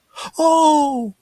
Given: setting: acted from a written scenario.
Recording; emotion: vocal sound without words; elation